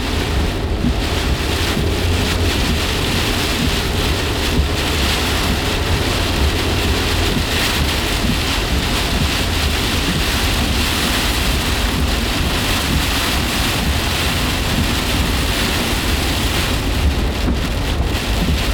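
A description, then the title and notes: Steady, dense rain with some hail patters evenly across the whole stretch, a low rumbling wind underneath and no clear breaks or pauses. A some hail rain by meatsock.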